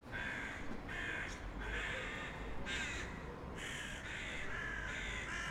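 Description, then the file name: Crow cawing, a run of several harsh, hoarse caws in loose succession over a steady low rumble of street traffic. Crows in a street with cars, in a quiet setting. "street crows birds cars quiet"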